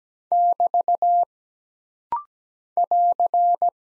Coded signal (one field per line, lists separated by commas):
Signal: Morse code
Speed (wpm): 17 wpm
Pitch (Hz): 700 Hz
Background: none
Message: <BT> <AR>